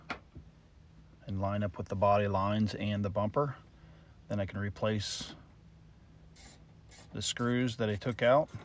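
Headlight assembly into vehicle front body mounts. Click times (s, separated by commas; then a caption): 0.1 s. A new plastic headlight assembly on a 2008 Chevrolet Equinox is pushed back into its mounting pegs on the car body and snaps into place with a sharp click at 0.1 s. Someone then talks. The assembly is seated.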